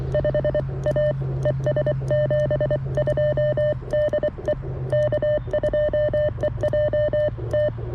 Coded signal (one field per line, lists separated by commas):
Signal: Morse code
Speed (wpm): 24 wpm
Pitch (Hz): 600 Hz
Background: none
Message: 5A ES 72 DE K2EJT